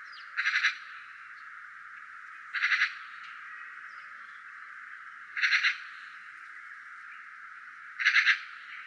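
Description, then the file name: Eurasian magpie giving harsh, grating rattles, four brief pulsed bursts spaced roughly every two to three seconds, with constant hiss behind. "Skata"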